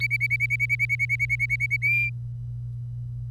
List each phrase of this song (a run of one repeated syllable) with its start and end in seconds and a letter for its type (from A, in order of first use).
0.00-1.76 A, 1.82-2.09 B